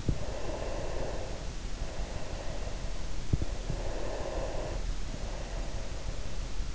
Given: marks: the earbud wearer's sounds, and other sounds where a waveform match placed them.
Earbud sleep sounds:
sounds in sleep by an in-ear microphone; breath
0.00-2.95 s: breath
3.31-6.46 s: breath

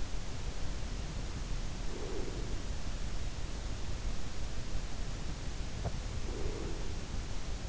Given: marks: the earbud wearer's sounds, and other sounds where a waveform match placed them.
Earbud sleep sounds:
sounds in sleep by an in-ear microphone; breath, teeth grinding
1.76-2.86 s: breath
5.69-6.09 s: teeth grinding
5.90-7.10 s: breath

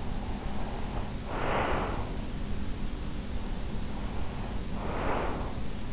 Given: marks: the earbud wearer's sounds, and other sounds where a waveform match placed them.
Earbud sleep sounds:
sounds in sleep by an in-ear microphone; breath
0.34-2.22 s: breath
3.71-5.93 s: breath

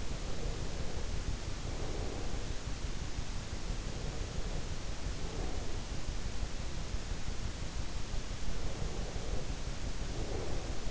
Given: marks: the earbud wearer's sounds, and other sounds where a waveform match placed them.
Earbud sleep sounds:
sounds in sleep by an in-ear microphone; breath
0.00-2.42 s: breath
4.05-5.88 s: breath
8.57-10.91 s: breath

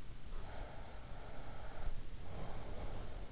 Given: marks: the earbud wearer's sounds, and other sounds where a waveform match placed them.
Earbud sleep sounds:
sounds in sleep by an in-ear microphone; breath
0.19-3.32 s: breath

